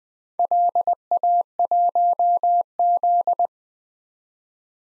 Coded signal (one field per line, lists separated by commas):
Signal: Morse code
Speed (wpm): 20 wpm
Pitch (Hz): 700 Hz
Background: none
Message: LA1Z